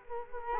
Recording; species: mosquito wingbeat signal from an infrared sensor; Culex quinquefasciatus